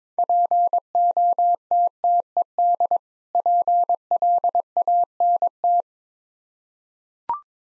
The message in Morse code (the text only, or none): POTTED PLANT